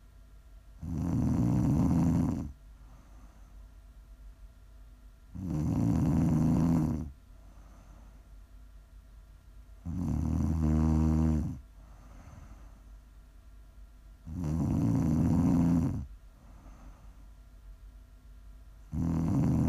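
Regular low, rattling snores about 13 times a minute, each lasting about two seconds, with quiet gaps between, from an adult sleeper.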